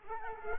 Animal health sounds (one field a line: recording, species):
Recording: mosquito wingbeat signal from an infrared sensor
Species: Culex quinquefasciatus